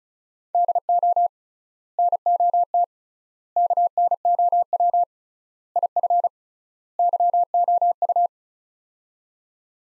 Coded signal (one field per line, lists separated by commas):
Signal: Morse code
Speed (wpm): 36 wpm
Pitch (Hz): 700 Hz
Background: none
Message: DO NOT KNOW IF YOU